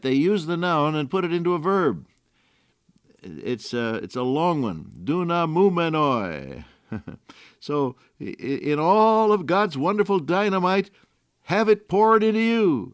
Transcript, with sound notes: They use the noun and put it into a verb. It’s a…it’s a long one- ‘dynamoumenoi’- (chuckles) …so, in…in all of God’s wonderful dynamite, have it poured into you!